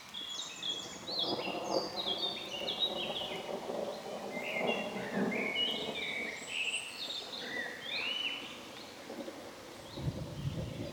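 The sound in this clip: Birds singing, a busy mix of short high chirps and twittering notes overlapping throughout.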